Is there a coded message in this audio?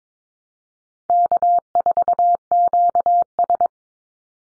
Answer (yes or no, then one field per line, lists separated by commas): yes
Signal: Morse code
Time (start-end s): 1.1-3.7 s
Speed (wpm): 22 wpm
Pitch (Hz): 700 Hz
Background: none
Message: K4QS